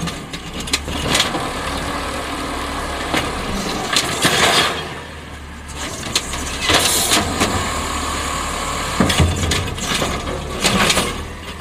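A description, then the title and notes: A garbage truck idles with a steady low engine rumble under a busy mechanical clatter. Short bursts of clanking and hissing break out every second or two, heaviest around four and seven seconds, with a brief quieter lull in between. Garbage Trucks.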